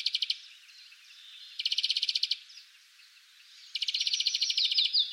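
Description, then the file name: European greenfinch producing short repeated rattling trills, then a longer trill blending into higher twittering notes at the end. "Chloris chloris"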